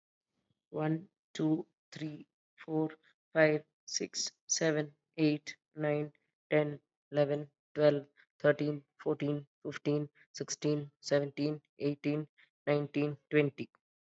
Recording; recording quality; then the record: counting at a normal pace; excellent, no background noise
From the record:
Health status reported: COVID-19 positive, mild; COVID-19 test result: positive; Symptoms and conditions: cold, hypertension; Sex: female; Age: 39 years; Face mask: worn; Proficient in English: yes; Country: India